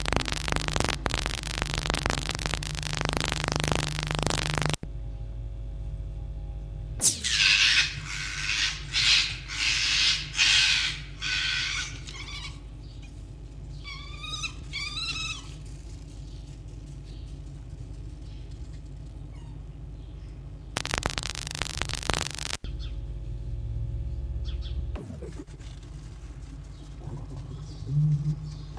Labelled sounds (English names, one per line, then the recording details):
Red Fox
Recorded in captivity
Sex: group
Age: adult
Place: Zoologisches Institut der HUB, Berlin, DE
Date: 1956-02-20
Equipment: Elmetra
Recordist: Tembrock, Günter